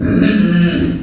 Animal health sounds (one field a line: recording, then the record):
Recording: squeal of a Yucatan mini pig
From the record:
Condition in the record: after surgery on the right vocal fold (resection and tissue-engineered implant)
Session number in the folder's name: 6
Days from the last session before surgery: 40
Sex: female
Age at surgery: 19 weeks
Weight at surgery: 25 kg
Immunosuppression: prednisolone